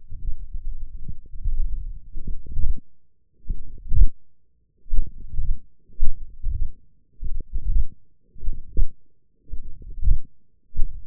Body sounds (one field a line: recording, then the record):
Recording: forearm muscle sounds (acoustic myography)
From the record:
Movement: finger pinch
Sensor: system 1, eight BSWA MPA416 microphones around the upper forearm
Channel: 5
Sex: male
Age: 21 years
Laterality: right